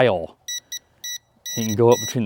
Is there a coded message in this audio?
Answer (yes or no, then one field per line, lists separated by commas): no